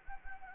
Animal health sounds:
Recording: mosquito wingbeat signal from an infrared sensor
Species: Anopheles gambiae

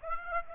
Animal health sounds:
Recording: mosquito wingbeat signal from an infrared sensor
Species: Aedes aegypti

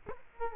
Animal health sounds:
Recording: mosquito wingbeat signal from an infrared sensor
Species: Culex quinquefasciatus

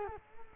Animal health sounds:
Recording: mosquito wingbeat signal from an infrared sensor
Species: Culex quinquefasciatus

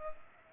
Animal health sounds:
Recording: mosquito wingbeat signal from an infrared sensor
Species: Culex pipiens

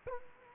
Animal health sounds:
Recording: mosquito wingbeat signal from an infrared sensor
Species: Culex quinquefasciatus

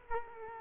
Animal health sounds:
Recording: mosquito wingbeat signal from an infrared sensor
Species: Culex quinquefasciatus

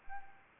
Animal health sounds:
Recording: mosquito wingbeat signal from an infrared sensor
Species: Anopheles arabiensis

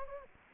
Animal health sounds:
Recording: mosquito wingbeat signal from an infrared sensor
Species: Anopheles gambiae

